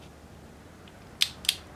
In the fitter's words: I'm not sure you hear the click on the video but it's really quiet cuz it's so low torque right now